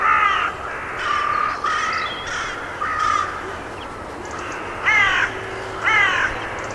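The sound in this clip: Bird calls: hoarse caws repeated several times, with a gap near the middle, over a low background hum.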